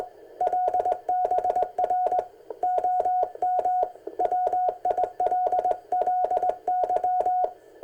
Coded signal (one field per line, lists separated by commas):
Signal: Morse code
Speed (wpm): 20 wpm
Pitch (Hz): 730 Hz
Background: none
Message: LBR OM WILLY